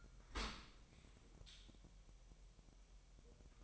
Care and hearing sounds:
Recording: daily activity, microphone in the room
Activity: open dishwasher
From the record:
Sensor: 1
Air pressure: 1000.4 hPa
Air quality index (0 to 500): 246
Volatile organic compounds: 138 ppm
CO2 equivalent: 3967 ppm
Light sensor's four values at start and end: 11/27/11/12 and 11/27/11/12

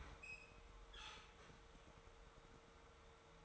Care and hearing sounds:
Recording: daily activity, microphone in the room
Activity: open fridge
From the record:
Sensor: 3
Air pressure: 1014.9 hPa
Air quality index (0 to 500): 202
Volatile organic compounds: 30 ppm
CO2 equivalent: 2953 ppm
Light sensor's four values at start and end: 35/87/37/39 and 26/66/28/29

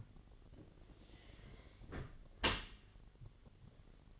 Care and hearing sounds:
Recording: daily activity, microphone in the room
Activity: close dishwasher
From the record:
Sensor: 4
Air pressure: 1007.4 hPa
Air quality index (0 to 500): 201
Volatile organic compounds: 7 ppm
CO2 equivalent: 2000 ppm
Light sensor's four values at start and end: 22/70/27/26 and 23/72/27/27

